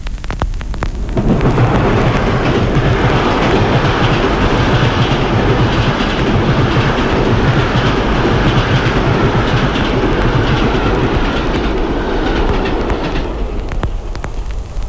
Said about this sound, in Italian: Con la nuova tecnica stereofonica potrà ora ascoltare lo stesso rumore come viene da lei realmente percepito quando un treno le passa davanti.